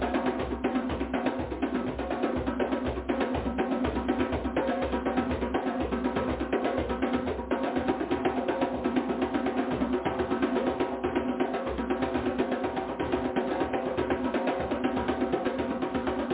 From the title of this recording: Drumming rising